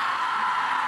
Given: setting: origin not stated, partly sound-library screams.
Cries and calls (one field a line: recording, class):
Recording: one-second piece from a danger detection set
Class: woman in danger